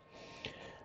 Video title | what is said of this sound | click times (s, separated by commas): Coast Runner CNC - Tool Change | tilting it and it'll click that's that's the way that you know that it's set in properly if you feel it click into the column net | 0.4 s